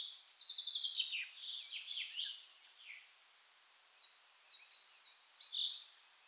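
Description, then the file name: Common chaffinch song over a hissy background: a quick descending phrase, then scattered high notes and a second, fainter phrase. "Fringilla coelebs"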